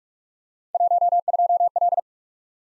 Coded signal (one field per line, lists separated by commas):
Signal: Morse code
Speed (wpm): 47 wpm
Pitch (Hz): 700 Hz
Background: none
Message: 12L